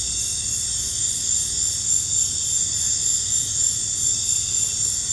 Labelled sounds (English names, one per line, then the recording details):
none
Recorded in pastures near Puerto Asís, Putumayo, Colombia, on 18 December 2024 at 22:00
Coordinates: 0.466, -76.322
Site G040